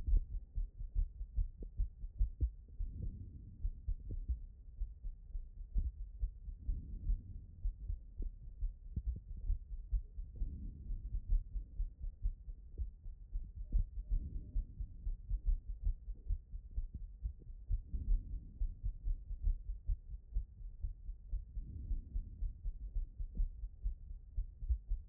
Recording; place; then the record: heart sounds by stethoscope; tricuspid valve (TV)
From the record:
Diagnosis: non-HFrEF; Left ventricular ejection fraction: 43%